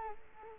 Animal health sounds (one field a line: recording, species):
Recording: mosquito wingbeat signal from an infrared sensor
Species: Culex quinquefasciatus